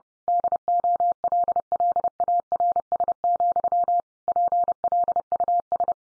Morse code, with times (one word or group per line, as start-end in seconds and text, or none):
0.3-4.0 DOLLARS,
4.3-5.9 PLUS